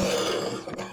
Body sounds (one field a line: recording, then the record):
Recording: coughing mixed with background sound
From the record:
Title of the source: Cough Around the Clock!